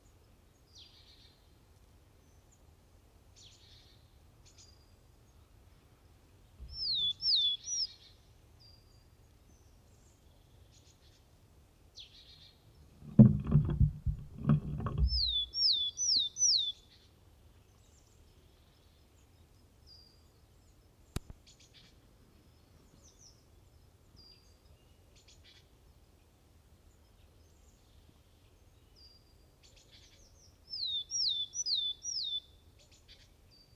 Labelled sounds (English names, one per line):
Willow Tit song